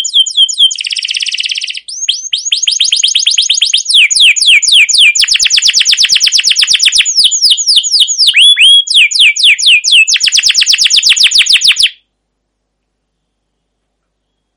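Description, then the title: Canary trilling song with a buzzy opening burst, then sustained fast rolling runs of high chirps for about ten seconds before falling silent. Canary long rolling trilled song ('ngerol', 'gacor'), used as a tutor song to lure other canaries to sing. "CUIT CUIT NGEROL LANGSUNG GACOR PANJANG Kenari Ini AMPUH Utk Pancingan KENAR. Masteran Suara Burung Kenari Gacor Panjang cuit cuit Ngerol untuk Pancingan Kenari!"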